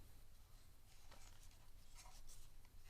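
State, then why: Not seated. A plastic camera gimbal mount for a Traxxas Aton quadcopter, a 2-axis camera gimbal, is being handled and slid backwards onto the drone body's latches, making quiet scraping and rubbing sounds with a faint tap around 1.1 s. The mount has not snapped home yet, and nothing has seated or clicked.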